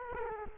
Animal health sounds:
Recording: mosquito wingbeat signal from an infrared sensor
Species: Culex quinquefasciatus

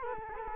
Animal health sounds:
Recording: mosquito wingbeat signal from an infrared sensor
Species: Culex quinquefasciatus

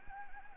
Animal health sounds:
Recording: mosquito wingbeat signal from an infrared sensor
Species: Anopheles gambiae

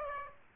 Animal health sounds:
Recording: mosquito wingbeat signal from an infrared sensor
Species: Aedes aegypti

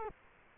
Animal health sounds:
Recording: mosquito wingbeat signal from an infrared sensor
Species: Culex quinquefasciatus

